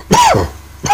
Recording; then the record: coughing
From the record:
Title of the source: Dry Coughing Fit in the Afternoon.